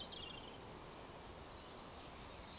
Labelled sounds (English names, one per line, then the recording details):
Eurasian Woodcock whistle
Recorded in Baden-Württemberg, Germany, on 12 June 2020 at 19:37 UTC
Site 43791, 788 m above sea level